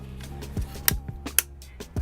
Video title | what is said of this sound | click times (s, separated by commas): FOX V3 RS Carbon Solid MIPS Motocross Helmet Care Guide | same with everything you'll feel this stuff snap into place | 0.9 s, 1.4 s